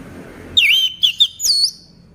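Orange-headed thrush song: a short burst of clear, sweet whistled notes sliding and warbling between mid and high pitch, with brief gaps.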